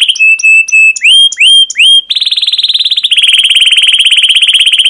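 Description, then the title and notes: Canary song opens with repeated flat whistles and upward-swooping notes, then shifts to a fast, even buzzing trill. Chirping 'cuit cuit', rolling ('ngerol'), long excited singing ('gacor panjang', 'emosi') used as a lure (pancingan) and tutor (masteran) for training young caged canaries to learn sounds. "CUIT CUIT NGEROL GACOR PANJANG Kenari Pancingan KENAR. PANCINGAN Kenari GACOR PANJANG Cuit CUIT EMOSI MASTERAN Kenari PAUD belajar BUNYI. burung kenari"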